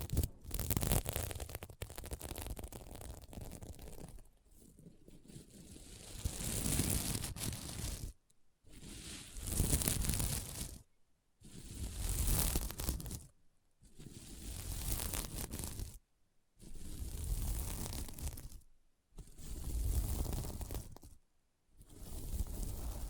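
Scratching across a sequin mermaid pillow comes in rough, full bursts of about two seconds, separated by short silences, with brief crinkly tearing sounds.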